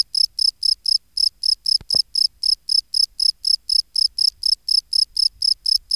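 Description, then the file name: Field cricket chirps, bright and pulsed, repeated steadily about four per second; two faint clicks near the two-second mark. "Gryllus campestris"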